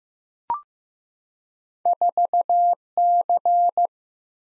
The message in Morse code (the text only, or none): 4C